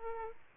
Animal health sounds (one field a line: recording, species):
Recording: mosquito wingbeat signal from an infrared sensor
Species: Aedes aegypti